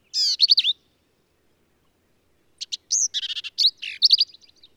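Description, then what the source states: Black-capped vireo singing a short harsh phrase, a pause, then a long lively run of chattering, slurred and buzzy notes strung together. Male, one individual, singing at Kerr Wildlife Management Area, Hunt, Texas hill country; endangered species; phrases sung alone, truncated, embellished or run together in a lively, emphatic performance.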